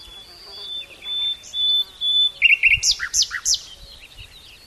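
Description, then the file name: Common nightingale song: long whistled notes, then a rapid series of loud, sharp chirps and buzzy notes. "Luscinia megarhynchos"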